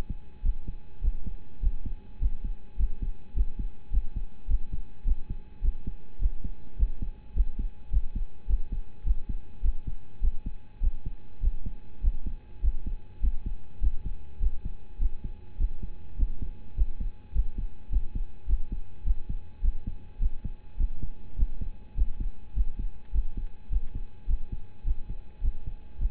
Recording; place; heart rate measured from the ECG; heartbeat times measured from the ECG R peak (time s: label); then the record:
heart sounds by stethoscope; between the tricuspid and mitral areas; 103 bpm
0.42 s: heartbeat
1.01 s: heartbeat
1.60 s: heartbeat
2.18 s: heartbeat
2.76 s: heartbeat
3.33 s: heartbeat
3.90 s: heartbeat
4.47 s: heartbeat
5.04 s: heartbeat
5.61 s: heartbeat
6.19 s: heartbeat
6.76 s: heartbeat
7.33 s: heartbeat
7.90 s: heartbeat
8.46 s: heartbeat
9.03 s: heartbeat
9.61 s: heartbeat
10.20 s: heartbeat
10.80 s: heartbeat
11.40 s: heartbeat
12.01 s: heartbeat
12.61 s: heartbeat
13.20 s: heartbeat
13.80 s: heartbeat
14.39 s: heartbeat
14.98 s: heartbeat
15.57 s: heartbeat
16.16 s: heartbeat
16.74 s: heartbeat
17.32 s: heartbeat
17.89 s: heartbeat
18.46 s: heartbeat
19.03 s: heartbeat
19.61 s: heartbeat
20.19 s: heartbeat
20.77 s: heartbeat
21.35 s: heartbeat
21.94 s: heartbeat
22.53 s: heartbeat
23.11 s: heartbeat
23.69 s: heartbeat
24.26 s: heartbeat
24.84 s: heartbeat
25.41 s: heartbeat
25.98 s: heartbeat
From the record:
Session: rest, lying down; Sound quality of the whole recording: partially saturated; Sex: male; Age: 25 years